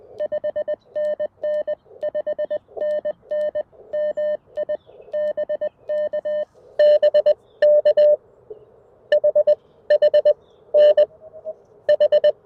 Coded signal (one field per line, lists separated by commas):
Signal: Morse code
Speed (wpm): 21 wpm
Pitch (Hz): 590 Hz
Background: none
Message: 5NN 5NN MI BK BK HHNH